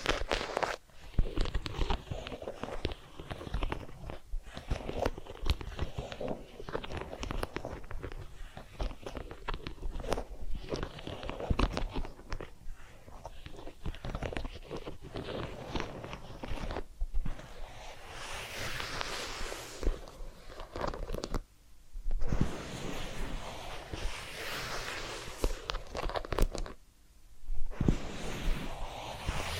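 Massage and spa sounds: dense, continuous rubbing and crackling with irregular soft taps, briefly dropping to near silence around 22 and 27 seconds.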